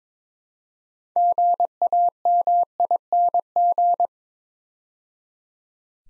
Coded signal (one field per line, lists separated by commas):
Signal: Morse code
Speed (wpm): 22 wpm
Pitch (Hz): 700 Hz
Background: none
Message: GAMING